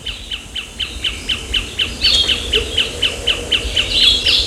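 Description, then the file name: Bird giving quick, repeated falling chips at a steady pace of roughly four per second, over steady background noise. "SABIOD 50 bird 2015"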